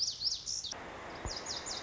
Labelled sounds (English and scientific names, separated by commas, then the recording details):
Lazuli Bunting (Passerina amoena)
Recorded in Sonoma County, California